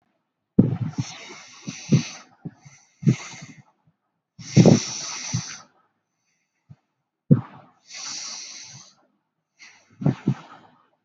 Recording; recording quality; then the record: deep breathing; excellent, no background noise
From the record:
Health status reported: healthy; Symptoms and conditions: none ticked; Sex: male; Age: 19 years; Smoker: not ticked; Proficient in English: yes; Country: India